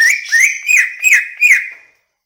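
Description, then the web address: Greater green leafbird song: a short string of rich, slurred whistles, fading out after about two seconds. Banyuwangi; described as gacor, an energetic, continuous singer. "cucak-ijo suara-cucak-ijo-banyuwangi-gacor"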